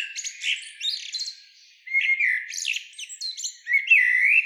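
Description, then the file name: Common blackbird sounds: a series of high squeaky chirps and short twittering phrases, some rising notes near the end. "Turdus merula"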